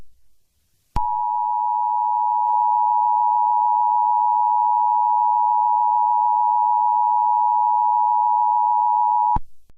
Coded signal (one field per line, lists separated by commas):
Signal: Emergency Alert System (SAME) tones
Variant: 853 and 960 Hz attention tone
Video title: EAS TEST